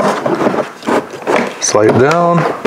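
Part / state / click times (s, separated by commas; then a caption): mobile radio base unit into its mounting bracket / not seated / none. A mobile radio base unit is lined up and slid along its mounting bracket, with rubbing and sliding sounds while someone talks. It has not clicked or latched into the bracket yet.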